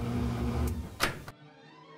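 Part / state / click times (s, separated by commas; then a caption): lid lock latch on a top-load washing machine lid / seated / 1.0 s. The lid lock latch on a top-load Maytag washing machine engages and locks the lid shut with a single loud click at 1.0 s, which is a normal safety-mechanism sound. A smaller tick follows at about 1.3 s over faint background music, then only low steady tones remain.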